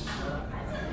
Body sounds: background sound without coughing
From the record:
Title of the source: 60 minutes of coffee shop sounds for study and concentration

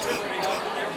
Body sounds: coughing mixed with background sound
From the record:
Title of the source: 31 night wet cough

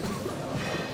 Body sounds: coughing mixed with background sound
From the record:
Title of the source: Mid-morning Winter Coughing Fit

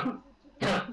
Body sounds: coughing mixed with background sound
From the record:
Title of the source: Barking cough - # 10

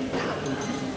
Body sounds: coughing mixed with background sound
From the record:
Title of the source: Coughing 77

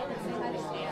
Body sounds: coughing mixed with background sound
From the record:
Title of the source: female coughing - coughing sound effects girl

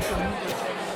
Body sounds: coughing mixed with background sound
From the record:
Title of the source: Coughing Woman Sound - Woman Cough Sound Effect

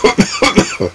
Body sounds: coughing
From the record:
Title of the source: Dry Afternoon Cough

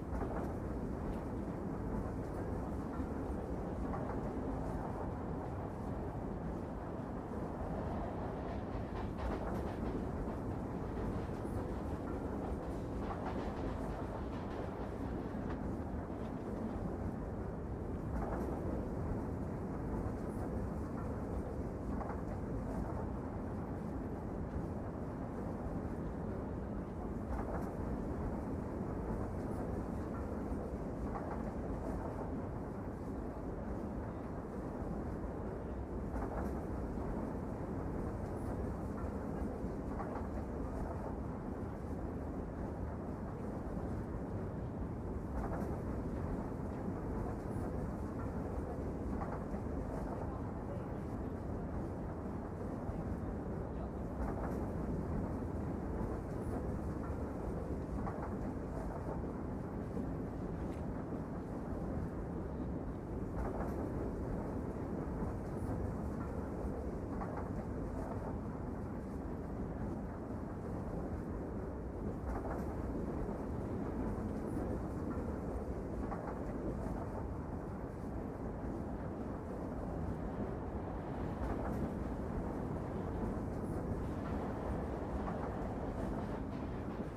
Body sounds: background sound without coughing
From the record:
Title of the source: Train Ride Ambience ambient white noise for sleeping, focus, studying, reading

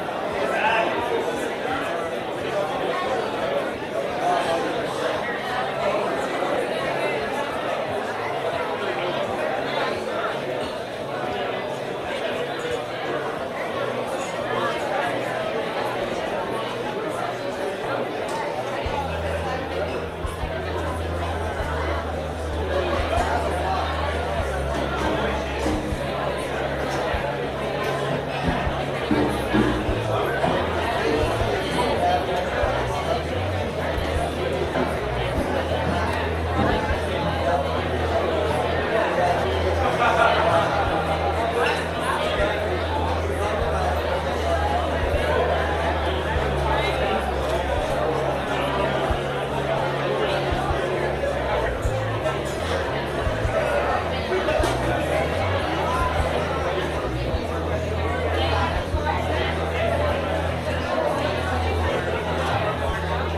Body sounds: background sound without coughing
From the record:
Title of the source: CITY SOUNDS Busy Bar in the Evening Night - 2 HOURS of Ambiance for Relaxation

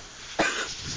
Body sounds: coughing mixed with background sound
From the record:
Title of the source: 30 Chesty and wet cough

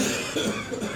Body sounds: coughing mixed with background sound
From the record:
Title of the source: Spring Cold Coughing.

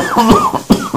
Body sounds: coughing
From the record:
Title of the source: Spring Allergy Coughing

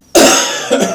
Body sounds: coughing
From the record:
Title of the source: Residual Phlegmy Morning Coughing and Gagging

